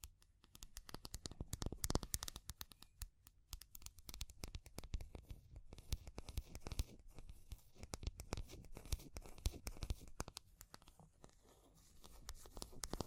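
Fire crackles continuously, with dense, irregular pops and snaps spread across all thirteen seconds. The clicks are sharp and bright, bunching into quick flurries around the middle and thinning slightly near the end, over a soft, low rumble.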